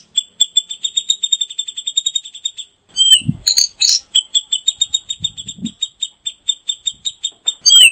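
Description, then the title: Grey-cheeked bulbul chattering in fast repeated notes, with a burst of harsh rasping calls in the middle and soft low thuds in the background. Female. "Cucak Jenggot Betina"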